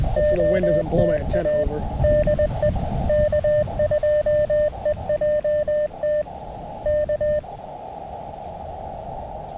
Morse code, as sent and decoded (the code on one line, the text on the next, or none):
--- - .- / -.. . / -.- ..--- . .--- - / -.-
OTA DE K2EJT K